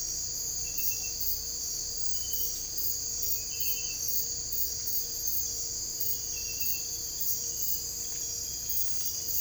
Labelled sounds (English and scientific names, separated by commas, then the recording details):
none
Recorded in secondary vegetation near Puerto Asís, Putumayo, Colombia, on 22 December 2024 at 01:30
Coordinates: 0.481, -76.318
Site G042